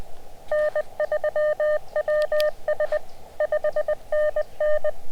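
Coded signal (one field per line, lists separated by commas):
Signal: Morse code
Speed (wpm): 20 wpm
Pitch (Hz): 610 Hz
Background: none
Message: N3WS 5NN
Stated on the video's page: Amateur CW contacts made from the backyard while hunting Parks on the Air stations, by an operator newly learning Morse.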